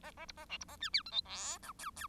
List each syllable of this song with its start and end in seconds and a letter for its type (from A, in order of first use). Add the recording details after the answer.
0.03-0.11 A, 0.17-0.26 A, 0.28-0.32 B, 0.37-0.46 A, 0.49-0.58 C, 0.60-0.65 B, 0.68-0.77 A, 0.80-0.90 D, 0.93-1.02 E, 1.05-1.11 F, 1.11-1.22 G, 1.25-1.58 H, 1.62-1.72 I, 1.78-1.91 J, 1.96-2.07 J. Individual Bird1